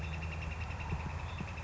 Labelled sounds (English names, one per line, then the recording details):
Northern Flicker
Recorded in Sonoma County, California